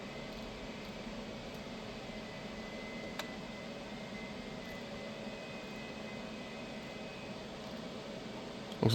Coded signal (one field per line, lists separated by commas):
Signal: FT8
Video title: How I do 12 days of qrz Ft8 style. every band endorsement (mostly)